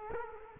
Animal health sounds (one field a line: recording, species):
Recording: mosquito wingbeat signal from an infrared sensor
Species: Culex quinquefasciatus